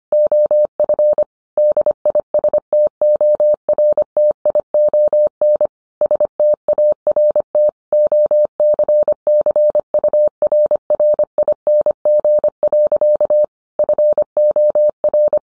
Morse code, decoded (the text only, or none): OF DISTORTION START OCCURRING. FOR